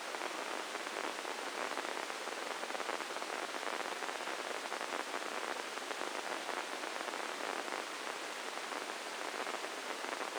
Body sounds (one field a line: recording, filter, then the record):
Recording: brain microelectrode recording played as sound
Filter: spike band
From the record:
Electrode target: subthalamic nucleus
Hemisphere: left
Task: reaching with the right hand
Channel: 1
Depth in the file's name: 4.826 mm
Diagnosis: Parkinson's disease